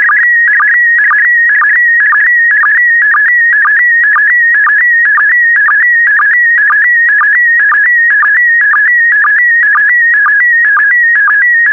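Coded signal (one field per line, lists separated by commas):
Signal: SSTV (slow-scan television)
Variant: PD120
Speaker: complete. You can now check your decoded image against the picture that is shown on the video.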